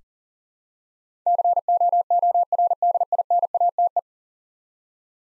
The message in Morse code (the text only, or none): COORDINATE